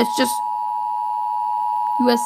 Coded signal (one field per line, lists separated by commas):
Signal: Emergency Alert System (SAME) tones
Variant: 853 and 960 Hz attention tone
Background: speech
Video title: rating eas alarms part 2